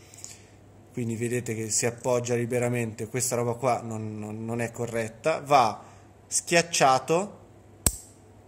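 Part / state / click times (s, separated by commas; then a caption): collet into spindle clamping nut / seated / 7.9 s. A CNC router collet is pressed by hand into its spindle clamping nut while someone talks. A sharp snap at 7.9 s marks the collet clicking into the nut, seating it so that it is locked inside with only slight play.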